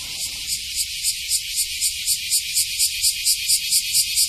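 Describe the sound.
Cicada buzzing loudly, the drone swelling in rapid rhythmic pulses.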